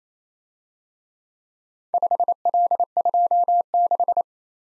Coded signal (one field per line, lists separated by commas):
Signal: Morse code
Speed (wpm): 30 wpm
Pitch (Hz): 700 Hz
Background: none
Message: 5L26